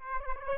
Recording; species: mosquito wingbeat signal from an infrared sensor; Aedes aegypti